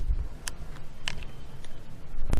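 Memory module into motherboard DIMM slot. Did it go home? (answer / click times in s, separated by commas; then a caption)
yes / 0.5 s, 1.1 s. A RAM stick is pressed into a motherboard DIMM slot, and its side retention clips snap shut with sharp clicks at 0.5 s and 1.1 s. Another sharp click follows at 2.3 s. The memory module is seated correctly.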